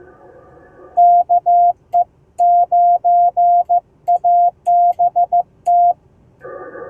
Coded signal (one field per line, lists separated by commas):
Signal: Morse code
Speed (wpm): 18 wpm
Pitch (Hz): 700 Hz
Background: none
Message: KE9ABT